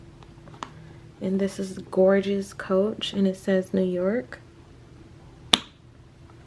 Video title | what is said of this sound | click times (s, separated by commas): Coach Mini Pepper Bag | yeah that's a magnet as you guys can hear that snap | 0.6 s